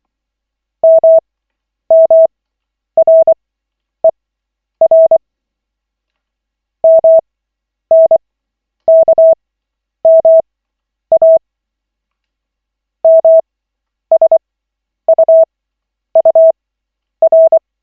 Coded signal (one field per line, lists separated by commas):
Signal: Morse code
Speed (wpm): 24 wpm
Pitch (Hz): 650 Hz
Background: none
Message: MMRER MNKMA MSUUR